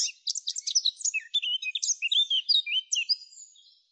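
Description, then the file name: Eurasian blackcap singing a rapid, jumbled warble that turns into clearer, fluty whistled notes in its second half. "Kapturka"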